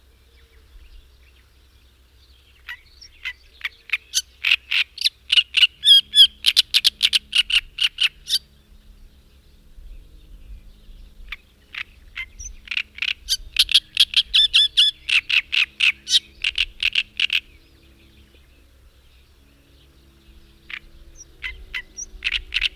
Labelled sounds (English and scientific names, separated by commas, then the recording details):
Great Reed Warbler (Acrocephalus arundinaceus) song
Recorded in the wild
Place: Balcik, Varna, BG
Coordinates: 43.427, 28.162
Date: 1974-06-07 05:00
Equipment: Nagra III BH, Sennheiser MD 21, parabola
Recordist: Schubert, Michael
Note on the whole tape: Gesang Drosselrohrsänger